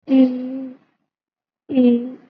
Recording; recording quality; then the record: sustained vowel as in beet; excellent, no background noise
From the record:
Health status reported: COVID-19 positive, moderate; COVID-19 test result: positive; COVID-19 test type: RT-PCR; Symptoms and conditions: cough, fever, fatigue, muscle pain, another condition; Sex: female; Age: 35 years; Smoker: no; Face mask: worn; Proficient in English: yes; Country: India